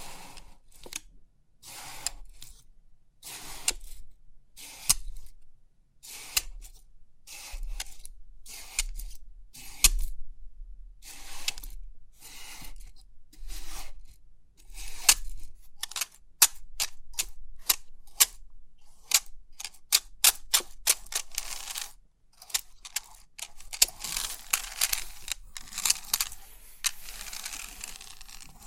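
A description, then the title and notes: Crisp 3D pin art tingles: a run of sharp metallic clicks and rattling pin sounds, coming in bursts separated by short silences. The taps grow quicker and denser after about fifteen seconds, and the last few seconds become a continuous bright shimmering rattle. Crisp 3D Pin Art Tingles(No Talking).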